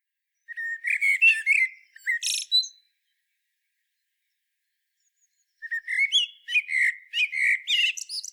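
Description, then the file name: Common blackbird song in two phrases of fluty low notes with squeaky high endings, separated by about three seconds of quiet. "Turdus merula"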